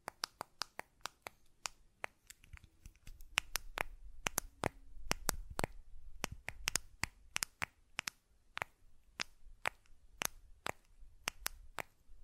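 Sharp button clicks and taps come in quick, irregular bursts across the whole twelve seconds, each a crisp bright snap. Some fall in rapid clusters, others after short pauses. A low rumble and a faint hum sit underneath through the middle stretch.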